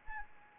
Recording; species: mosquito wingbeat signal from an infrared sensor; Anopheles arabiensis